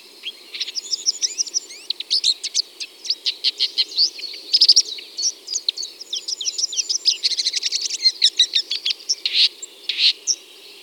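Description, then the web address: Red-backed shrike singing a rambling mix of rapid clicks, high chirps and a few buzzy bursts, continuing without break. "Lanius collurio. ns svatomartinska alej"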